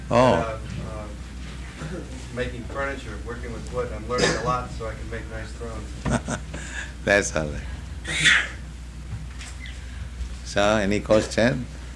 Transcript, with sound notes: Oh.
...making furniture, working with wood. I'm learning a lot, so I can make nice thrones.
[laughs] That's all right. So any question?